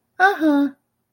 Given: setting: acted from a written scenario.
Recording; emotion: vocal sound without words; romantic love